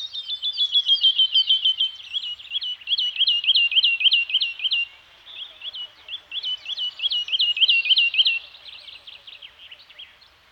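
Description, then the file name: Birds singing: two loud bursts of fast, repeated high chirps separated by a quieter stretch of thin twittering. Scandinavian forest soundscape with birds singing. "Nature Soundscape - Scandinavian Forest Environment with Birds Singing"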